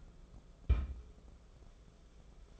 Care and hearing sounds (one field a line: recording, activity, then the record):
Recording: daily activity, microphone in the room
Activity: place on stove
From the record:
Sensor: 5